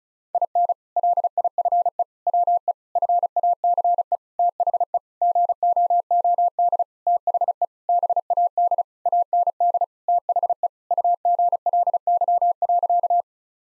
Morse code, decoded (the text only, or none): IN LIFE WE FACE THE GOOD THE BAD AND THE UGLY.